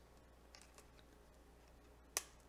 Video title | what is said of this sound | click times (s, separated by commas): Prusa i3 MK3 Build Part 5 - Steam Labs Live Stream | a little slack okay that snapped into place very nicely so it goes right behind it to five | 2.2 s